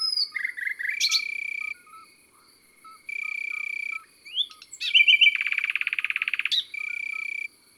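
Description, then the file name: Common nightingale song with buzzy notes, sweeps and a long rapid rattle, alternating with steady insect trills and soft low chirps. Recorded in the countryside. "Rossignol philomele Chants doiseaux dans la campagne"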